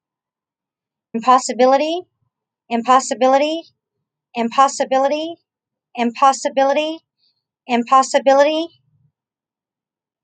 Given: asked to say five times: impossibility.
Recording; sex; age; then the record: repeated word; female; 40 to 49 years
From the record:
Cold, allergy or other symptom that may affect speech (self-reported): no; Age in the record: 44 years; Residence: Oklahoma, United States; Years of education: 16